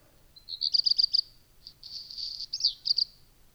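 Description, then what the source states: Black redstart singing a brief phrase: a rapid metallic rattle, a gap, then a grating, scratchy burst and a few clipped closing notes. Sings early in the morning from a high perch, upright and jerking its tail; in the breeding season sings continuously, increasingly as spring approaches.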